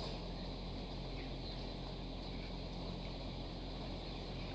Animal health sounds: poultry house recording; healthy chickens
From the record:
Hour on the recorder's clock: 19

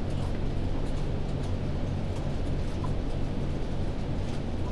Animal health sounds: poultry house recording; healthy chickens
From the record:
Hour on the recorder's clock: 1

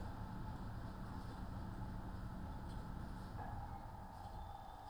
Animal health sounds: poultry house recording; no chicken sound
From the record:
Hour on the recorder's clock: 15

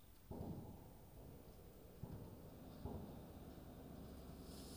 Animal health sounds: poultry house recording; no chicken sound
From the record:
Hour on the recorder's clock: 22

